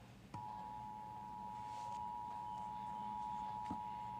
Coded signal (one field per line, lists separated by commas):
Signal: Emergency Alert System (SAME) tones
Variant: 853 and 960 Hz attention tone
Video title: [KINEMASTER] - Emergency Alert System - Tornado Warning for Knoxville, TN (March 2, 2012)